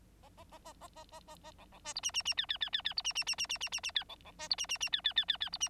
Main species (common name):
Bengalese Finch